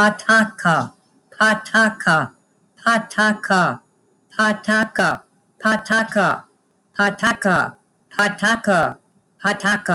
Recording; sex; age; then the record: repeated syllables /pa ta ka/; female; 50 to 59 years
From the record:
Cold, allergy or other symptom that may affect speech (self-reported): no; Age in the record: 58 years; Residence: Indiana, United States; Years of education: 12